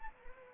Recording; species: mosquito wingbeat signal from an infrared sensor; Anopheles arabiensis